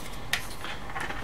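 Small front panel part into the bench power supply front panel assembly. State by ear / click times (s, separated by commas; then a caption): seated / 0.3 s. A small part is pressed by hand into the front panel assembly around the encoder knob while an E3648A bench power supply's front panel is being reassembled. A sharp snap is heard at 0.3 s, followed by a softer sound at about 0.6 s, over a low background. The part seats, snapping into place.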